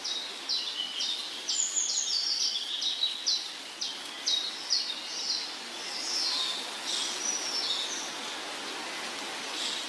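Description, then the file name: Bird song with a fast series of high chirped notes at first, giving way to softer, blurred warbling, heard over continuous hiss. Trills and songs of birds in the morning. "Sons d oiseaux - Trilles et chants du matin"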